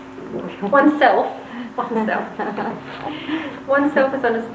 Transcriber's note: laughter